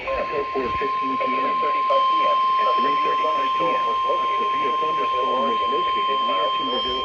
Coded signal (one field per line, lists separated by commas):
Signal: Emergency Alert System (SAME) tones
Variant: 1050 Hz attention tone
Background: speech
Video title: PRIMETIME STORMS!! | EAS Alerts from 6/22/26